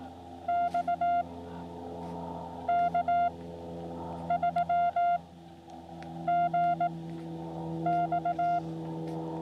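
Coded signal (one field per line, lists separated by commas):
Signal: Morse code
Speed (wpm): 18 wpm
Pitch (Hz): 700 Hz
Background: none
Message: X K3GX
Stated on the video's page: Beginner CW contacts during a SOTA summit activation on Sandstone Peak, just before a storm.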